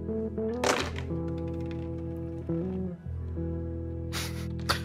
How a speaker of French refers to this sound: Alors mon jet d'endurance, donc j'ai un endurance et c'est la vigueur, donc 4. Hop. Allez, vas-y. Allez, les petits dés, pas de 1, plein de 6.